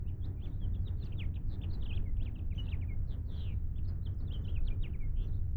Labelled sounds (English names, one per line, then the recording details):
House Finch song
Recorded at Oak Beach on Long Island, New York, on 21 May 1975
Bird A